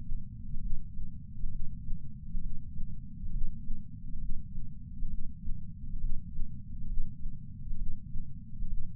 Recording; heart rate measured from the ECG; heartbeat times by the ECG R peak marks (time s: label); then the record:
heart sounds by patch sensor on the chest; 67 bpm
0.60 s: heartbeat
1.49 s: heartbeat
2.40 s: heartbeat
3.31 s: heartbeat
4.18 s: heartbeat
5.08 s: heartbeat
5.99 s: heartbeat
6.86 s: heartbeat
7.76 s: heartbeat
8.67 s: heartbeat
From the record:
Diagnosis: coronary artery disease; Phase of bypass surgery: preoperative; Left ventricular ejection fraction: 49.7%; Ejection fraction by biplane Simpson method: 49.4%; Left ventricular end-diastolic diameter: 55 mm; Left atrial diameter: 34 mm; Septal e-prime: 3.2 cm/s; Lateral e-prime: 4.4 cm/s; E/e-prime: 15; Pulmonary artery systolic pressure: 25 mmHg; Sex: female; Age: 70 years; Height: 152 cm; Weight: 65 kg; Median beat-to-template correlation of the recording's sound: 0.92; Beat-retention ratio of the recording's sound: 0.97